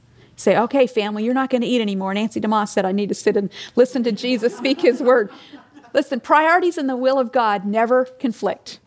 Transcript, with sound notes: You say, “Okay, family, you’re not going to eat anymore. Nancy DeMoss said I need to sit and listen to Jesus speak His Word.” (laughter) Listen, priorities and the will of God never conflict.